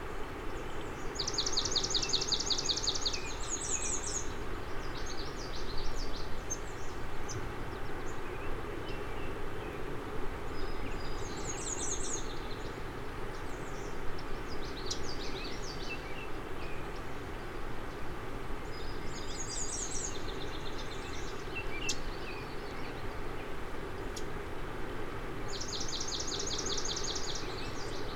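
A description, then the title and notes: Migrant songbirds sing in short, high, buzzy bursts, one phrase every five or six seconds, near the start, around 12 s, 20 s and 27 s, with fainter chirps between. A steady, dense low rumble and hiss runs underneath throughout. It’s early morning. As we follow the Crane River to Scuggog Lake, migrant songbirds begin arriving.. Migrant songbirds begin arriving.. continuously, for hours.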